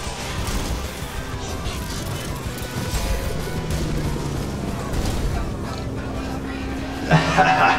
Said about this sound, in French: Fusionnez les véhicules. À moi, Megazord.